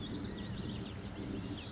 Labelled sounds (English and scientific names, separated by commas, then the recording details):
Western Flycatcher (Empidonax difficilis)
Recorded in Sonoma County, California